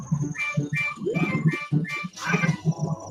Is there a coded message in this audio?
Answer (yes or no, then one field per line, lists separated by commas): no